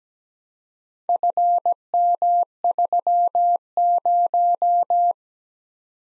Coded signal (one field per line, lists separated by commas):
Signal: Morse code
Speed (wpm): 17 wpm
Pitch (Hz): 700 Hz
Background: none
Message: FM30